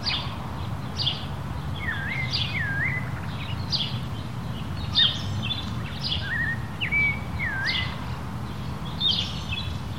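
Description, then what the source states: Birds calling: a repeated dipping, sliding whistle recurs every second or two among sharp high chips, while wind blows steadily underneath. Countryside in Mexico, daytime, windy conditions.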